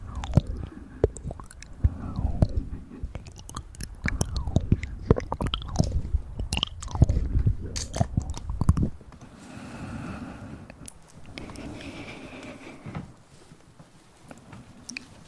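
Wet mouth sounds and ear massage rubbing fill the first nine seconds, with dense clicks, smacks and squishy chewing-like noises over a low rubbing bed. After that it turns softer and quieter, a hushed rustling with occasional faint clicks until the end.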